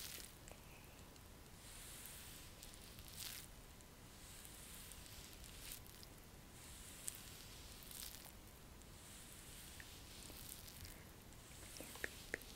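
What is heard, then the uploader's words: A quiet facial and scalp treatment: soft brushing and rubbing strokes rise as airy swishes every couple of seconds over a low, steady hiss. Faint wet, crackly textures run throughout, with a few small clicks near the end and a thin, constant tone underneath. ASMR Natural Spa Facial Treatment & Scalp Massage.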